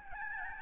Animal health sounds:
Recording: mosquito wingbeat signal from an infrared sensor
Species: Aedes albopictus

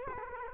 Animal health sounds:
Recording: mosquito wingbeat signal from an infrared sensor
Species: Culex quinquefasciatus

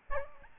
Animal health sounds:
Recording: mosquito wingbeat signal from an infrared sensor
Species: Aedes albopictus

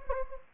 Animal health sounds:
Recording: mosquito wingbeat signal from an infrared sensor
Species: Anopheles gambiae

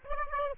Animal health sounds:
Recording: mosquito wingbeat signal from an infrared sensor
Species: Aedes aegypti

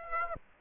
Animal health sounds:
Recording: mosquito wingbeat signal from an infrared sensor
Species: Aedes aegypti

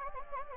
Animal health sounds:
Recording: mosquito wingbeat signal from an infrared sensor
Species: Anopheles gambiae

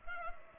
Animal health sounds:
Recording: mosquito wingbeat signal from an infrared sensor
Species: Culex pipiens

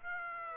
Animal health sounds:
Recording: mosquito wingbeat signal from an infrared sensor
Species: Aedes aegypti

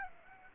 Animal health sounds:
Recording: mosquito wingbeat signal from an infrared sensor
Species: Aedes aegypti

